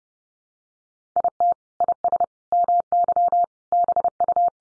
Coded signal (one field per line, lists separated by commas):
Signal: Morse code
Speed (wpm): 30 wpm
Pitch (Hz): 700 Hz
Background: none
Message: IT IS MY BU